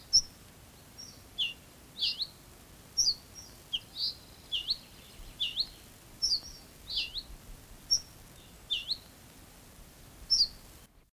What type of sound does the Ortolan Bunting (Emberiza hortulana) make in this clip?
alarm call